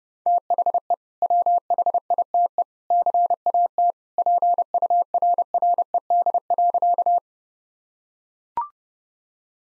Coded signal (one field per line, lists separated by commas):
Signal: Morse code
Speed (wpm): 31 wpm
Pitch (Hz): 700 Hz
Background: none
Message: THE WHITE CAT PURRED.